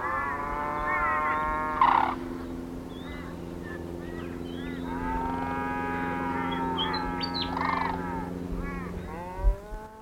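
Sarus crane calling, long drawn-out harmonic tones with two louder, harsh bursts.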